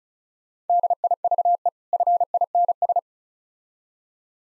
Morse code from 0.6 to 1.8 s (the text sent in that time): DIVE